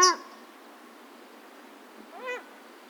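Paradise shelduck giving two short nasal calls, one sharp at the start and a softer arched honk near the end, over quiet background hiss.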